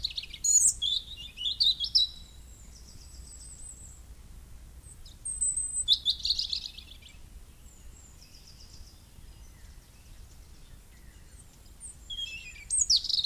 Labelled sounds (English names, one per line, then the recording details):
European Robin song
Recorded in the wild
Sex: male
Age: adult
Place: Erlangen, Bayern, DE
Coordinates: 49.6086, 10.9697
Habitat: wet woodland
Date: 1961-04-16
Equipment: Stellavox SM 4, Original, Vollspur
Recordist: Tretzel, Erwin